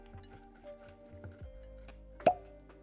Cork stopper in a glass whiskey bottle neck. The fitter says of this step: Let's hear the pop on this one.